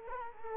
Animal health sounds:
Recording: mosquito wingbeat signal from an infrared sensor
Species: Culex quinquefasciatus

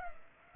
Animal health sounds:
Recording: mosquito wingbeat signal from an infrared sensor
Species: Culex pipiens

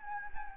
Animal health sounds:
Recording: mosquito wingbeat signal from an infrared sensor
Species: Anopheles gambiae

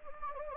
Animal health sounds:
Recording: mosquito wingbeat signal from an infrared sensor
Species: Anopheles gambiae

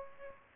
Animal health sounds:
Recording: mosquito wingbeat signal from an infrared sensor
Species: Aedes aegypti

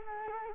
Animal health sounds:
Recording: mosquito wingbeat signal from an infrared sensor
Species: Culex quinquefasciatus

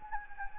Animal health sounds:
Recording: mosquito wingbeat signal from an infrared sensor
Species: Anopheles gambiae

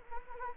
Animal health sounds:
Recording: mosquito wingbeat signal from an infrared sensor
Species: Anopheles arabiensis

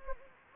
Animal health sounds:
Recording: mosquito wingbeat signal from an infrared sensor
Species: Anopheles gambiae

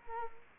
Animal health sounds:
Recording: mosquito wingbeat signal from an infrared sensor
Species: Culex quinquefasciatus

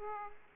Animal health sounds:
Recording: mosquito wingbeat signal from an infrared sensor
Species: Aedes aegypti

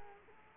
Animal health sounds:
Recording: mosquito wingbeat signal from an infrared sensor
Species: Culex quinquefasciatus

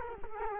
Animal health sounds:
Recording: mosquito wingbeat signal from an infrared sensor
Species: Culex quinquefasciatus

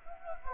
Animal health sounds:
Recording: mosquito wingbeat signal from an infrared sensor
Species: Anopheles gambiae

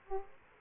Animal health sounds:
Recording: mosquito wingbeat signal from an infrared sensor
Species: Aedes aegypti

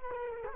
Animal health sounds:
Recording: mosquito wingbeat signal from an infrared sensor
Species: Culex quinquefasciatus

